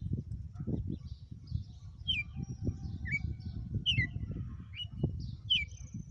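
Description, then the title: Red-cowled cardinal song: several short bright whistled notes, some slurred downward, over low rumbling background noise. Female; sang one lash (açoite) of song after another today. "Canto Galo Campina Fêmea. Galo de campina,hj foi um açoite atrás do outro"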